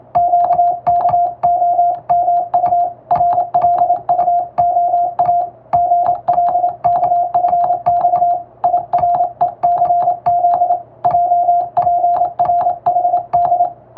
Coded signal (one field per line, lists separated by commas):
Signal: Morse code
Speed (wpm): 27 wpm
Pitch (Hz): 700 Hz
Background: music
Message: QKOMU RLUOA GLKFX IRECZ JPRHD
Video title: 【符号が奏でるハーモニー・モールス符号】昔の通信！懐かしいモールス信号を打ってみました！欧文モールス符号を打ってます！YouTubeの速度を調整して聴いてみよう morse code practice